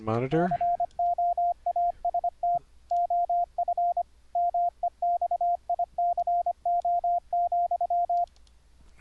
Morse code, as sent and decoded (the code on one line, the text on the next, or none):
..-. --- .- ... - / --- ..-. / -- . -..- .. -.-. --- --..--
FOAST OF MEXICO,